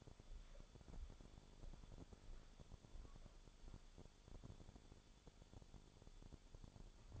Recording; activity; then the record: daily activity, microphone in the room; walk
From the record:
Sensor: 5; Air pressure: 1015.4 hPa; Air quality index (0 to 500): 172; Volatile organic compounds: 6 ppm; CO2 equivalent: 1870 ppm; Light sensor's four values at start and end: 37/84/34/33 and 37/84/34/33